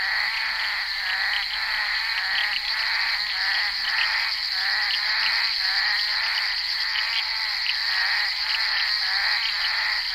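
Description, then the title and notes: Bullfrogs calling in a crowded chorus, gravelly croaks repeating rapidly, over an unbroken high drone. Recorded during the filming of Henri Duparc's film Bal poussière, February 1988. "crapaux buffle. enregistré sur le tournage Bal poussière dhenri duparc en février 1988"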